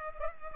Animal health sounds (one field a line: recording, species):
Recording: mosquito wingbeat signal from an infrared sensor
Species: Culex pipiens